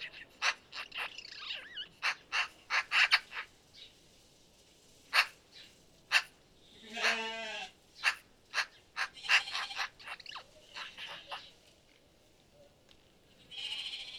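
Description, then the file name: Eurasian magpie uttering bursts of harsh rasping chatter notes, with a pause and a brief buzzy lower sound midway, then more scattered chacks. "eurasian magpie - pica pica"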